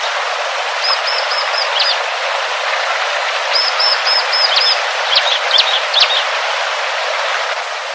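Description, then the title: Hill Prinia song: two quick rattling high phrases of rapid repeated notes, then a few sharp separate notes, under continuous loud hiss. "Kicau Ciblek Gunung"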